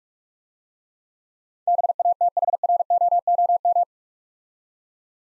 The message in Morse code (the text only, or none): BATHROOM